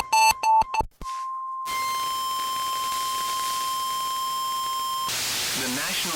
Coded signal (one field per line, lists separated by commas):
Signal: Emergency Alert System (SAME) tones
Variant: 1050 Hz attention tone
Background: speech, music